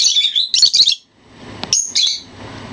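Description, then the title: Bird song in loud, high chattering phrases of rapid twittering notes, broken by a short pause and a thin whistle. Masteran training song for teaching songs to birds. "Burung Masteran"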